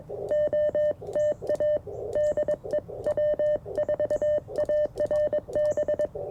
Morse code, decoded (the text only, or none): OTA DE W4ARB